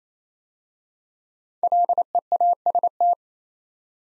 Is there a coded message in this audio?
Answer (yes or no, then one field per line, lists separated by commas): yes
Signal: Morse code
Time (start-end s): 1.6-3.1 s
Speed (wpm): 29 wpm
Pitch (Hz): 700 Hz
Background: none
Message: LEAST